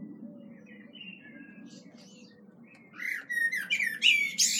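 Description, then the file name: Common blackbird singing faint whistled notes at first, then a louder burst of warbling and high, squeaky twittering. "Turdus merula"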